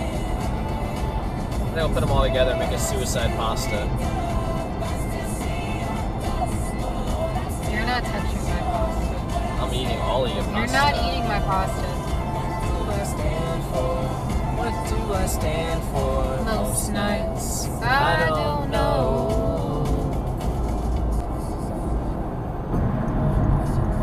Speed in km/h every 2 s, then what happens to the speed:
103, 101, 100, 100, 100, 98, 98, 97, 97, 98, 100, 103.
0-14 steady at about 100. 14-24 speeds up to 103.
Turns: none.